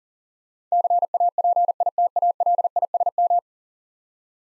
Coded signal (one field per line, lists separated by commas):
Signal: Morse code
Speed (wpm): 44 wpm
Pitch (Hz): 700 Hz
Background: none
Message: CAPITALISM